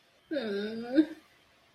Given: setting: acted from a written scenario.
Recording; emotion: vocal sound without words; sadness